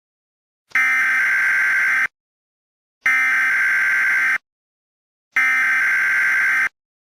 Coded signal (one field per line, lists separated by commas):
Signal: Emergency Alert System (SAME) tones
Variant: header bursts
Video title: "CAMP CLOVIS" - An EAS Scenario